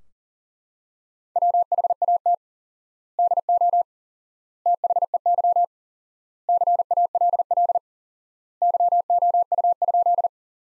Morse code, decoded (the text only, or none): WHAT DO THEY CALL YOU?